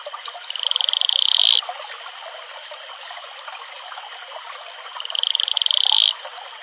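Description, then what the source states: Atelopus franciscus calling twice, each a high, rapid, accelerating pulsed trill of about one second, separated by a few seconds of steady rushing stream noise. Male advertisement call.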